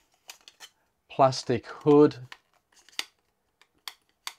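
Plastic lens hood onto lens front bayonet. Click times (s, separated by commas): 3.9 s, 4.3 s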